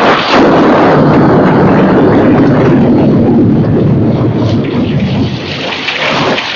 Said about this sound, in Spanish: El trueno retumbaba, el rayo caía, la roca vacilaba sobre su base.